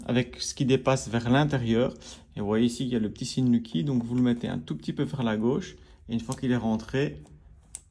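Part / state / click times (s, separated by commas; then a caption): smart lock body onto its door mounting plate / seated / 7.8 s. A Nuki Smart Lock Ultra motorised smart lock housing is fitted onto its door mounting plate over the notched adapter wheel and turned slightly to lock it in place, while someone talks throughout. A short, sharp click at 7.8 s marks the lock body locking onto the mounting plate by itself.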